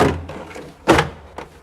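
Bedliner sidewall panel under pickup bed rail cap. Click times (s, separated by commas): 0.9 s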